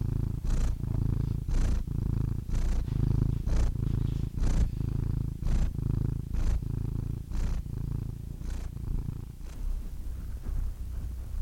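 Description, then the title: Domestic cat purring loudly and evenly, a rumbling drone punctuated by breath pulses about once a second through the whole stretch. Compilation of domestic cats, from kittens to old cats. "The Ultimate Compilation of Adorable Cat Meows 🐱😺 #CatMeows #CuteKittens"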